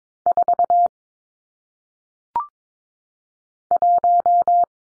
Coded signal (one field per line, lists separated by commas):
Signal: Morse code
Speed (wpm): 22 wpm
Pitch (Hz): 700 Hz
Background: none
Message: 4 1